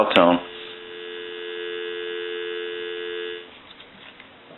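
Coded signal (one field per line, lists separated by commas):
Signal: telephone call progress tone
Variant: North America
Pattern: dial tone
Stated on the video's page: Heard during checkout and repair of a Western Electric 500 desk telephone.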